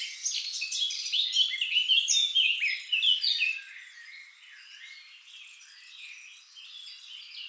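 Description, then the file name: Eurasian blackcap song: a loud, rich warble over the first four seconds, followed by softer, scratchy twittering that carries on to the end. "Sylvia atricapilla"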